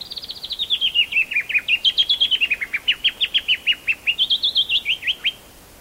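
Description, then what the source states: Black-throated honeyeater giving a long, loud series of rapid sharp notes that dip and rise in pitch in a wavy pattern, continuing for about five seconds. Papua New Guinea.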